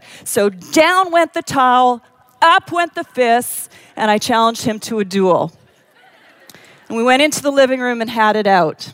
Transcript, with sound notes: So down went the towel, up went the fists, and I challenged him to a duel. (laughter) We went into the living room and had it out.